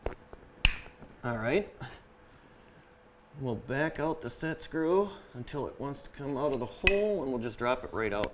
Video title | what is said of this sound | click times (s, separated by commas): How to Replace a Bell & Gossett Series 100 Motor Mount & Coupler | we'll get it right into that allen wrench and we'll give it a good twist and you'll hear it pop | 0.7 s